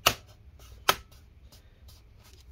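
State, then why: Seated. The remaining plastic clips of a Lenovo IdeaPad 3 15IIL05 laptop's bottom cover are pressed into the chassis. Two loud, sharp snaps ring out at 0.1 s and 0.9 s, followed only by faint soft handling sounds. The cover is clicked fully into place.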